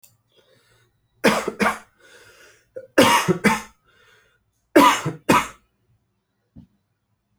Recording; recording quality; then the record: heavy voluntary cough; excellent, no background noise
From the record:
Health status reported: healthy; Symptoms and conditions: none ticked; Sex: male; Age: 35 years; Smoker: not ticked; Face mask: not worn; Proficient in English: yes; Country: India